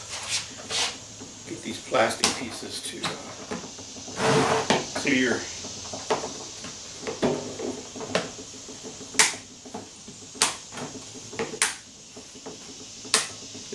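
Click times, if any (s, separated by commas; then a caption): 8.1 s, 9.2 s, 10.4 s, 11.6 s, 13.1 s. Plastic panel edges on a Miracle Grow composter drum are pressed together with the help of a flat blade screwdriver while someone talks. Sharp clicks ring out at 8.2, 9.2, 10.4, 11.6 and 13.1 seconds as the panels lock together and seat.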